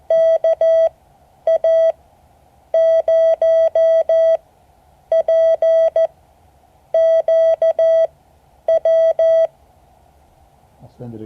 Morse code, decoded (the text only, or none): KA0PQW